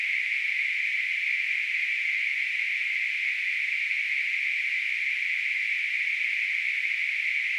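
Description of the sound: A steady, unbroken hiss centred in the upper-middle pitch range, around 2 kHz, runs through the whole clip, with no low sound and no pauses. It is a simulated tinnitus sound: band-limited noise imitating a constant ringing or hissing in the ears.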